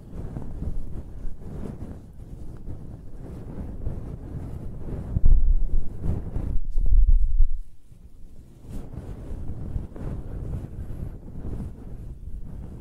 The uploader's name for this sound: Close-Up Hair Sounds - Scratching, Brushing, Stroking